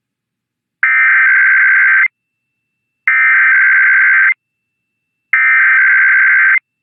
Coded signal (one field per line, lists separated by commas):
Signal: Emergency Alert System (SAME) tones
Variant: header bursts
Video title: IPAWS Weekly Tests (EAS #294-301) 4/8/24